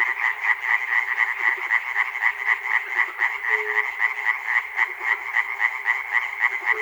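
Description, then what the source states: Frogs croaking in a dense chorus, rattling pulses about four a second merging into a steady throb, with brief low hums now and then. Recorded at Chernobyl.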